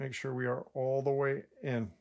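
An adjuster dial is being pushed down onto the damper cap of a 2022 FOX Float 34 FIT4 Step-Cast mountain bike suspension fork during a 50 and 125 hour service. Someone talks throughout, with no distinct click. The dial has not yet snapped home; nothing has seated yet.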